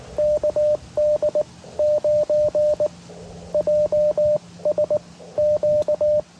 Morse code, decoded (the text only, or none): KD9JSQ